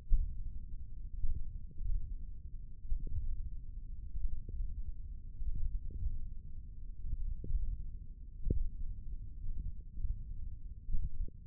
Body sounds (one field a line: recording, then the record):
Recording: forearm muscle sounds (acoustic myography)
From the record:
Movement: tripod grip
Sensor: system 1, eight BSWA MPA416 microphones around the upper forearm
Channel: 1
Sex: male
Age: 20 years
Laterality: left